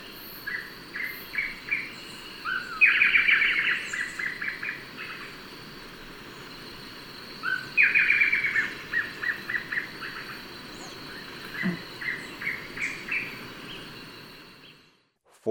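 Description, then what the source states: Blackish Antbird singing two rapid bursts of sharp, slurred chirps about five seconds apart, with scattered softer notes between and a constant high-pitched insect drone throughout. Ecuador.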